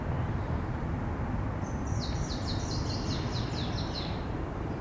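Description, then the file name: Eurasian blackcap giving a short, fast series of high, repeated notes over a heavy, constant low rumble of noise. "Sylvia atricapilla"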